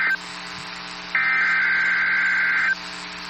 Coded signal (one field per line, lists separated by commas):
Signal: Emergency Alert System (SAME) tones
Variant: header bursts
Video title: Eas Fwd rwt on KWN34 Eas#2088